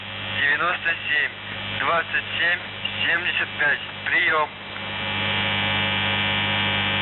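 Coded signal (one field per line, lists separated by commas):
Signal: numbers station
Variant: UVB-76 voice message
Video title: The Buzzer | 20th August 2023 | Voice Message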